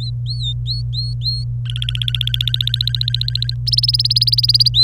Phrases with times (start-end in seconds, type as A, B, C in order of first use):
0.00-1.44 A, 1.65-3.54 B, 3.67-4.68 C, 4.74-4.83 A